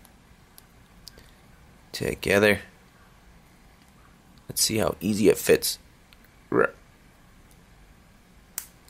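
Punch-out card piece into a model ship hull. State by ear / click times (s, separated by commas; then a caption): seated / 8.6 s. A pressed plastic-card sail or deck piece from a punch-out model pirate ship is pushed into its slot in the hull while someone talks. After quiet handling noise, a sharp snap at 8.6 s marks the piece seating in place, bending around the boat.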